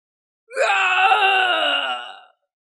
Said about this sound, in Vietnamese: Tiếng kêu thảm thiết liên tục vang lên.